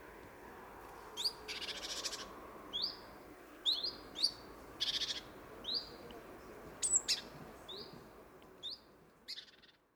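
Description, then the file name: Great tit calls: a series of short high downslurred notes, roughly one or two per second, mixed with a few brief buzzy bursts. "Parus major"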